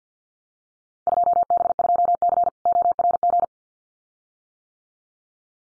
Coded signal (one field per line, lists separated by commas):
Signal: Morse code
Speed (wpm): 50 wpm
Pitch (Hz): 700 Hz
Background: none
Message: 2B2C ORG